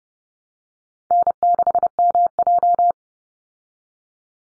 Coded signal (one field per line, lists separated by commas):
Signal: Morse code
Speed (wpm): 30 wpm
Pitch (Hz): 700 Hz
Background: none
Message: N6MJ